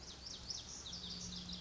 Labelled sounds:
Lazuli Bunting
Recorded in Sonoma County, California

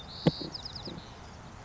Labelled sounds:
White-crowned Sparrow
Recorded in Sonoma County, California

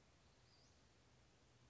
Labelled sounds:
Western Flycatcher
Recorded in Sonoma County, California

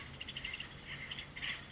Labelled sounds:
Acorn Woodpecker
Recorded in Sonoma County, California

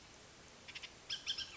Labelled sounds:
Bullock's Oriole
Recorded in Sonoma County, California

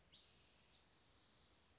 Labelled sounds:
Spotted Towhee
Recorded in Sonoma County, California

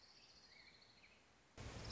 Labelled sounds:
Orange-crowned Warbler
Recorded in Sonoma County, California

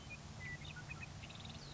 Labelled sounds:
Western Meadowlark
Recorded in Sonoma County, California

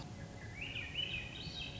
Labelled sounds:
Swainson's Thrush
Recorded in Sonoma County, California

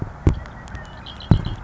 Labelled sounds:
Red-winged Blackbird
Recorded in Sonoma County, California

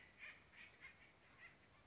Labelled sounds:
Acorn Woodpecker
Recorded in Sonoma County, California

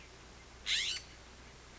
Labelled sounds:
California Scrub-Jay
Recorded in Sonoma County, California

